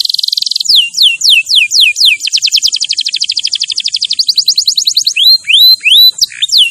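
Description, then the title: Canary song: buzzy roll, slow down-slurred whistles, a fast trill, then spaced rising and falling whistled notes. Champion canary song used as a master recording for training other birds. "Masteran Kenari Juara"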